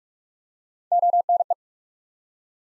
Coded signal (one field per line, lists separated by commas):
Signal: Morse code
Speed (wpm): 42 wpm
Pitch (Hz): 700 Hz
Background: none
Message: ONE